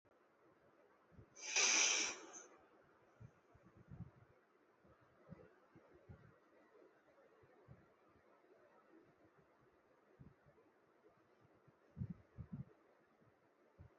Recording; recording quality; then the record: shallow breathing; excellent, no background noise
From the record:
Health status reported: respiratory illness, not identified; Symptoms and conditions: asthma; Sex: male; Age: 23 years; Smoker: not ticked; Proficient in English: yes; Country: India